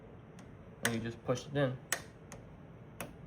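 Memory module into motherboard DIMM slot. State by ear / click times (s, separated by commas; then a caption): seated / 2.3 s, 3.0 s. A DDR5 memory stick is pressed down into a motherboard DIMM slot until the retention latch snaps closed. Someone talks, then two sharp ticks sound at 2.3 s and 3.0 s as the module seats.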